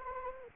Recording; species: mosquito wingbeat signal from an infrared sensor; Anopheles gambiae